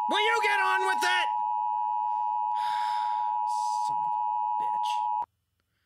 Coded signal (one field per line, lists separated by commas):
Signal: Emergency Alert System (SAME) tones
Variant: 853 and 960 Hz attention tone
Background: speech